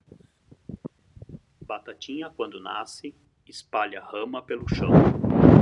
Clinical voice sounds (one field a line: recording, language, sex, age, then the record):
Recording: short text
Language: Brazilian Portuguese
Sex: male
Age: 40 to 49 years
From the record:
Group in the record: control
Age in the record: 48 years